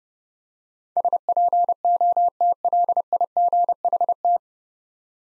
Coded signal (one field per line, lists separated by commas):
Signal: Morse code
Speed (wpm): 28 wpm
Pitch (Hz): 700 Hz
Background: none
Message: SPOTLIGHT